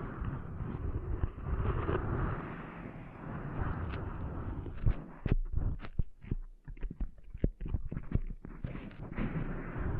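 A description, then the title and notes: Cleaning sand out of an ear gives a dense, muffled rumble of scraping and rubbing for the first half, low and without high tones. After about five seconds it breaks into sharp, irregular crackles and pops, grainy clicks scattered quickly through the rest. ASMR Cleaning Sand Out of Your Ears (No Talking).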